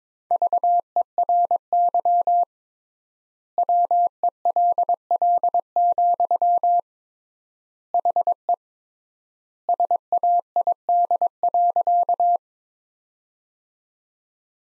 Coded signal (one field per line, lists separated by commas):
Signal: Morse code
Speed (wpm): 22 wpm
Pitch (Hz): 700 Hz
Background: none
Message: VERY WELL, HE SAID.